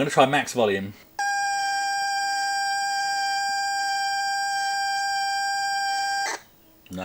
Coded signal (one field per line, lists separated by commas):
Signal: ZX Spectrum tape loading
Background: speech